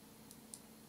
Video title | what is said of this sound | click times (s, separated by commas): Raspberry Pi For Beginners: installing software and initial boot up. | push the stick in there you'll hear it click see | 0.3 s, 0.5 s